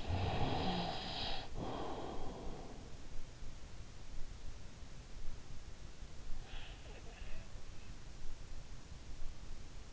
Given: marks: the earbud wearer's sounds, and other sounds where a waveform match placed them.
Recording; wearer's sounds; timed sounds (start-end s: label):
sounds in sleep by an in-ear microphone; breath
0.00-3.98 s: breath